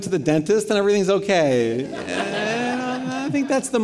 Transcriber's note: laughter